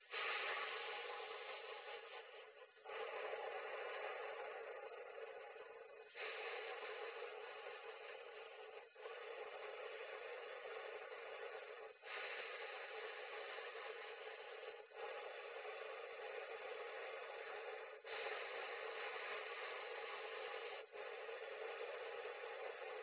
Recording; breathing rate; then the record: paced breathing near a phone; 10 breaths a minute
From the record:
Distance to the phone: 20 cm